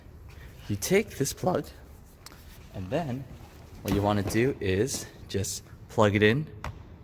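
Someone talks while picking up an EV charging plug and moving it toward the charge port of a 2020 Toyota Prius Prime XLE plug-in hybrid, with faint handling and rubbing sounds between the words. The clip ends before the plug goes in, so nothing has seated or clicked yet.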